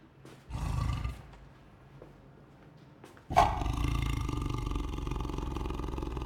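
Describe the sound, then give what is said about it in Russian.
A low, rumbling growl from the kitchen of a house swells briefly, fades, then after a sharp onset bursts into a sustained, loud roaring growl that continues steadily to the end. “Слышит рычание, оборачивается и идет на кухню.”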